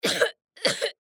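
Two short, forceful adult cough bursts about half a second apart, each lasting roughly a third of a second, with a harsh, noisy quality and a slight throat-clearing edge. No wheeze or whoop.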